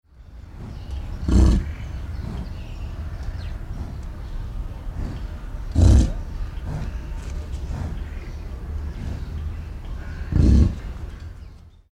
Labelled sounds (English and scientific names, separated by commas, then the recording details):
American Bison (Bison bison)
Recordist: Tembrock, Günter
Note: Kontaktlaute einer Kuh